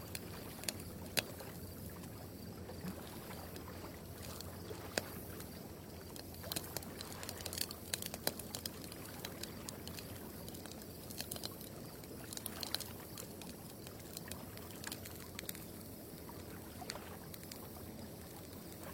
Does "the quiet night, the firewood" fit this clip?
yes